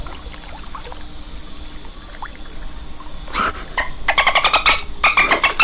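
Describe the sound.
Dolphin burst-pulse calls: a few faint chirps and clicks, then from about three seconds loud buzzy, harmonic pulse trains in rapid bursts over a steady hiss.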